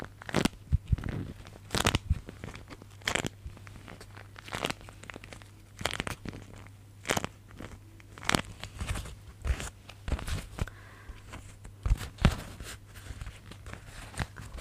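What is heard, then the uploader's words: Beeswax wrap being handled, with sharp, bright crinkling snaps landing at a fairly regular pace, about one every second or so. Softer crackles and sticky rustles fill the gaps between them, over a low, steady hum that runs throughout. Beeswax Wrap Triggers INTENSE TINGLING! Tapping, Scratching, Sticky Sounds.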